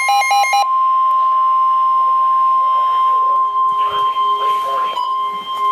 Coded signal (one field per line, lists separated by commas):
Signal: Emergency Alert System (SAME) tones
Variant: 1050 Hz attention tone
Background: speech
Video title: Severe T'Storm Warning (EAS #471)